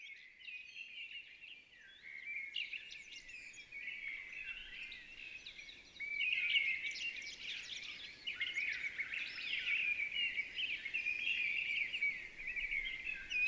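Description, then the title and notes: Mistle thrush delivering a long run of fluting and twittering notes that grows louder midway, over soft background noise. Recorded 28 March 2020 at Val Maravel in stereo with a Nagra LB and MKH40 microphone, with no aircraft noise at the time; bird singing with great vocal fervour. "UNE DRAINE ENCHANTEE. 28 mars 2020-Val Maravel - nagra LB - stéréo - mkh40. la belle Grive draine (Turdus viscivorus) dans toute sa ferveur vocale"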